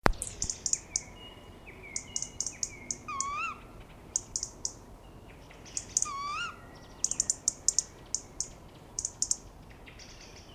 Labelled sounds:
European Robin (Erithacus rubecula) call
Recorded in the wild
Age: adult
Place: Kalchreuth, Bayern, DE
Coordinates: 49.5758, 11.1317
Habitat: pond
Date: 1962-04-30
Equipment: Original, Vollspur
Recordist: Tretzel, Erwin

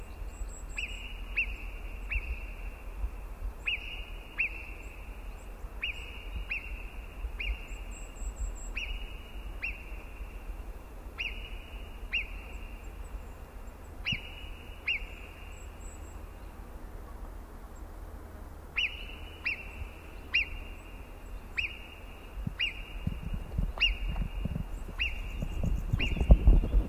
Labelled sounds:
Alpine Marmot (Marmota marmota) alarm call
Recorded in the wild
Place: Brand, Alpen, Vorarlberg, AT
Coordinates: 47.0958, 9.71139
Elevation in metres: 1420
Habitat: alp
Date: 2010-07-20
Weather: fair, 20°C, weak winds
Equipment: Sound Devices 702, Sennheiser MKH 70, Rycote Windschutz
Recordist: Frommolt, Karl-Heinz
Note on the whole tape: Untere Brüggele Alpe: Warnrufe eines Murmeltieres. Tier nicht gesehen

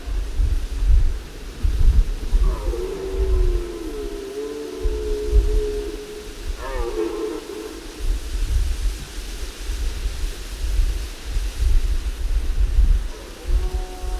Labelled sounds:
Red Deer (Cervus elaphus) call
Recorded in the wild
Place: Glowe, Insel Rügen, Mecklenburg-Vorpommern, DE
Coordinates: 54.569, 13.471
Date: 1973-10-07
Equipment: Nagra III BH, Sennheiser MD 21, parabola
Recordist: Schubert, Michael

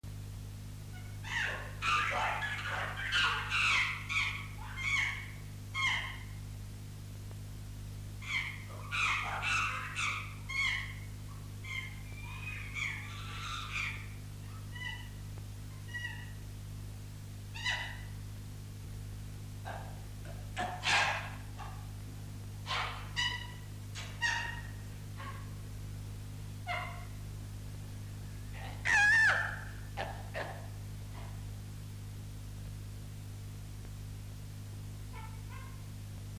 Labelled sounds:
Chimpanzee (Pan troglodytes)
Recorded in captivity
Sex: female
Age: diverse
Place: Tierpark Berlin, Berlin, DE
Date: 1958-03-20
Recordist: unbekannt, keine Angabe
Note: "Kitty" (ca. 2 Jahre alt): Angstlaute (ihr wird das Mikrofon vorgehalten), dann "Susi" (ca. 10 Jahre alt): Angstlaute

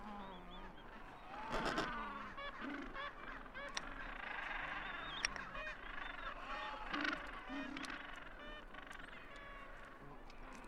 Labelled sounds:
Adelie Penguin (Pygoscelis adeliae) call
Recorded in the wild
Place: Kopaitic Island, Antarctica, AQ
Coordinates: -63.18, -57.55
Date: 2018-12-31
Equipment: Olympus LS-100, Sennheiser ME66
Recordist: Beaulieu, Michaël
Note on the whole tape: In Kolonie von Esels-, Zügel- und Adeliepinguinen. Küken

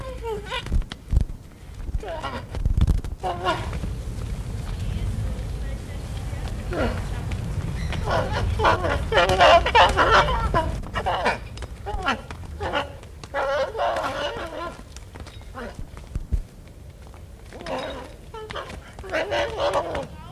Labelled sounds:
Onager (Equus hemionus)
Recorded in captivity
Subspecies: kulan
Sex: diverse
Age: adult
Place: Zoo Halle, Sachsen-Anhalt, DE
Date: 1978-07-12 13:12
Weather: sunny, 26°C
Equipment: Uher CR 210, Sennheiser MD 421, Kopie Uher 4200
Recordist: Tembrock, Günter

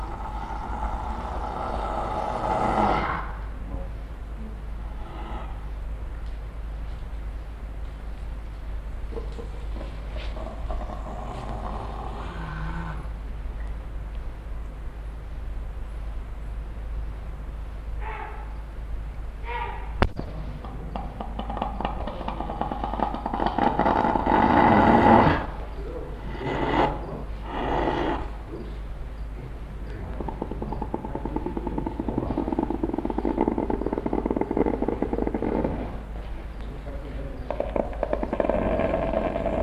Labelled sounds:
Brown Hyena (Hyaena brunnea) defence call
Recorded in captivity
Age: adult
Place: Zoo Berlin, Berlin, DE
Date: 1961-01-07 16:00
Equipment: Minifon, Kopie Smaragd
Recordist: Tembrock, Günter

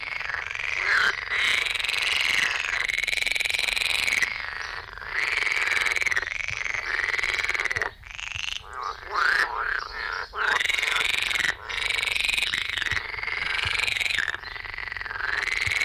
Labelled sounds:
Edible Frog (Pelophylax esculentus) call
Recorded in the wild
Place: Lübars, Benekendorffstraße, Berlin, DE
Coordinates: 52.6167, 13.3469
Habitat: Gartenteich
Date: 1998-05-10 11:50
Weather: heiter, 25°C
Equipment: Sony MD-WM MZ-R3, Sennheiser MKH 416 T, Kopie Uher 4000 Report Monitor
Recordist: Tembrock, Günter

